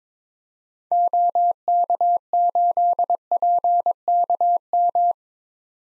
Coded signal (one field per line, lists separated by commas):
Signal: Morse code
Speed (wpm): 22 wpm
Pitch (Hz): 700 Hz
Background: none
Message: OK8PKM